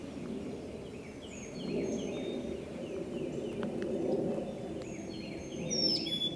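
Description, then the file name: Carolina wren singing rapid runs of repeated downslurred whistled notes in short phrases, over a steady low rumbling background noise. At Falls Lake, Rollingview, on 17 April 2018. "Carolina Wren Falls Lake Rollingview 041718"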